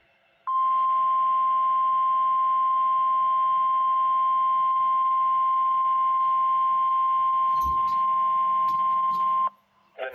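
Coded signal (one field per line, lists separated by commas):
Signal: Emergency Alert System (SAME) tones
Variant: 1050 Hz attention tone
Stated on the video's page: NOAA Weather Radio Severe Thunderstorm Warning from the Tulsa National Weather Service office for Rogers and Wagoner counties, Oklahoma.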